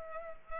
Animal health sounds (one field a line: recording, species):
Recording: mosquito wingbeat signal from an infrared sensor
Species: Culex pipiens